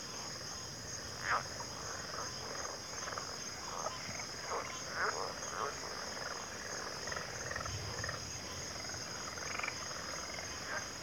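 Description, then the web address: Crickets in chorus, a steady high shimmering trill without pause, with scattered short croaking and chirping calls from other animals throughout. Chorus of crickets in a backwater, from a nature sleep-sounds collection. "WLL Grade 1-12 Pre-Uni Library Enter Natures Songs Sleep Sounds of Nature CRICKETS Backwater Chorus"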